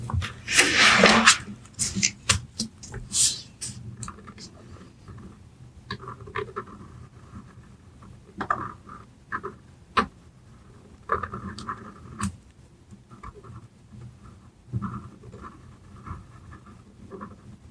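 Pencil sounds and paper handling, opening with a loud crinkle of paper in the first second or so. After that come irregular scratchy strokes and soft taps, some short and sharp, with quieter gaps between them and a faint low hum underneath.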